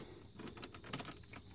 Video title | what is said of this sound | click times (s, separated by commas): 2007 Toyota Tundra Main fuse link in engine bay replace. Heater blower fan No Power. Gen 2. Mice | You hear another click. And that's in. | 0.9 s